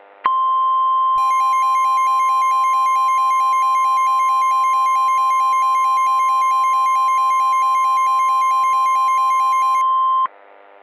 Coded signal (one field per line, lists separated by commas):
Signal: Emergency Alert System (SAME) tones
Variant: 1050 Hz attention tone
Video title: SUPERGIANT: An EAS Scenario (Re-upload)